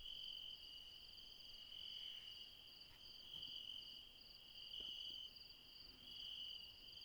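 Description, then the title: Night insects producing unbroken high, ringing trills at two pitches that swell and fade gently, over a soft background hiss. Late night in the mountains at Refuge Krevatia, Barbala (Μπαρμπαλά), Dion, Greece. "Refuge Krevatia, Μπαρμπαλά, Dion 601 00, Greece - Late night mountain insects"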